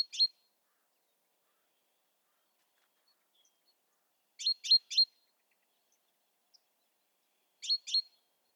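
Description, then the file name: Great tit calls: short, sharp high notes in quick clusters of two to three, a single note at the start, then bursts near five and eight seconds, with silent gaps between. "Parus major"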